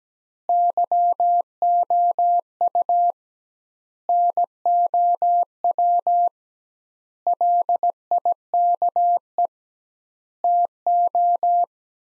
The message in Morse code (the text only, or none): YOU NOW LIKE TO